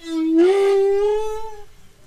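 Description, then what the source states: Humpback whale song unit: one long tonal moan with rich harmonics, starting low, sliding up and holding steady for nearly two seconds before fading. Love song of humpback whale bulls; the growing humpback population now sings less; singing by lonely bulls during the whaling era may have secured the population's survival.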